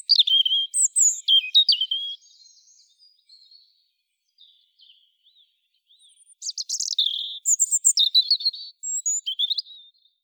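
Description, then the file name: European robin song: high warbled phrases with quick trills and pure whistles, a quiet stretch with faint soft notes, then another rich tumbling phrase. "Erithacus rubecula"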